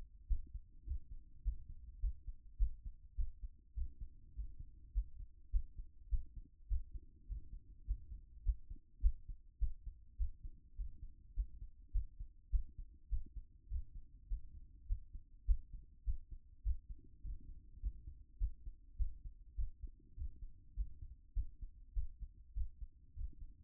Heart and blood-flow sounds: heart sounds by stethoscope; 102 bpm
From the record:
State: after exercise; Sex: female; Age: 50 years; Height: 170 cm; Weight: 70 kg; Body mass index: 24.22

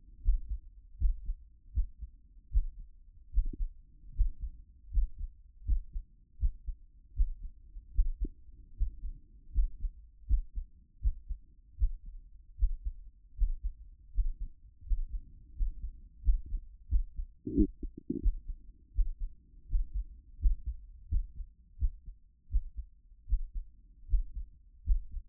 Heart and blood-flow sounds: heart sounds by stethoscope; 79 bpm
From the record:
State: after exercise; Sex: female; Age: 31 years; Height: 167 cm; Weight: 61 kg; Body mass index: 21.87

